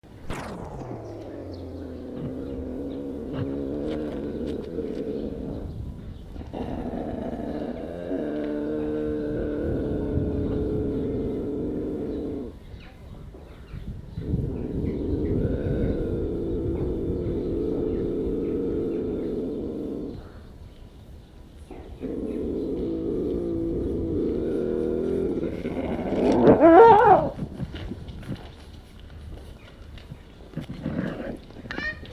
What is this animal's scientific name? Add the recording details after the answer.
Lynx lynx. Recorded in captivity. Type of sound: growling, call. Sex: pair. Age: adult. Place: Tierpark Berlin, Berlin, DE. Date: 1968-03-03 09:00. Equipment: R 20/1, Sennheiser MD 421. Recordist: Tembrock, Günter. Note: Männchen: Aufreiten mit Nackenbiß, Weibchen: Knurren, nach Loslassen kurzer Laut von Männchen. Abstand: 2 m. Aufnahmezeit: 9.00-12.00 Uhr